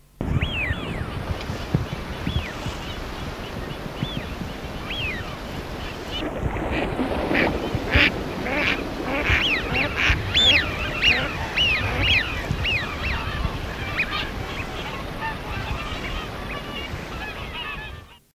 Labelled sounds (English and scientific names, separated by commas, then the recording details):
Eurasian Wigeon (Mareca penelope) call
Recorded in the wild
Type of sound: call
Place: Elbe, Niedersachsen, DE
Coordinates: 52.0834, 10.2832
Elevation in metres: 111
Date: 1983-02-27
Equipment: Halbspur, 9,5 cm/s
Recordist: Lütgens, Hans
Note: Rufe